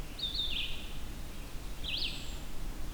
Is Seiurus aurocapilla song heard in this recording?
no